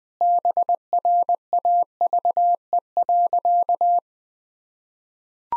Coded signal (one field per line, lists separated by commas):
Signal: Morse code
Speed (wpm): 21 wpm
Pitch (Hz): 700 Hz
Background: none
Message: BRAVE.